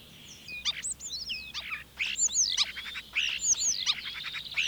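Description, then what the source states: Common Starling song of varied upslurred and downslurred whistles mixed with clicks. One of the first spring migrants; an excellent mimic of other birds' songs and of other sounds from its surroundings.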